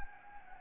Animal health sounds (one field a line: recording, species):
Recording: mosquito wingbeat signal from an infrared sensor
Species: Anopheles arabiensis